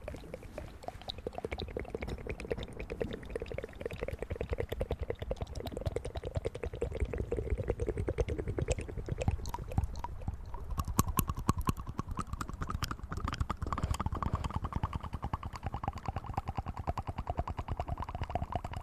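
Ear massage and mouth sounds: dense, steady crackling rubs and wet clicks throughout, with a low murmuring tone that rises slightly after ten seconds.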